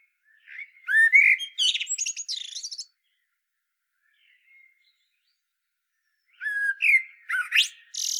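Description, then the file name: Common blackbird sings two phrases six seconds apart, each a mellow warbled opening that breaks into thin, scratchy high notes. "Turdus merula"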